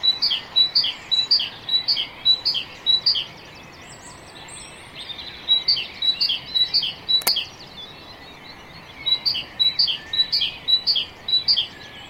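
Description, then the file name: Great tit song, three bouts of rapidly repeated two-note whistled phrases with short pauses between them, and one sharp click midway. "Parus major"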